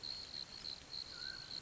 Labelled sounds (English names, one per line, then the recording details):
Mountain Quail
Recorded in Sonoma County, California